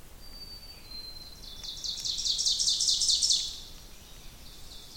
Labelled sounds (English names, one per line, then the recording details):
Ovenbird song
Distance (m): 15 m
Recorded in boreal forest in Alberta, Canada, on 2 June 2016 at 08:03
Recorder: SongMeter 3, array SBT-3-7
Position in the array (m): 191 m, 1 m
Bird 6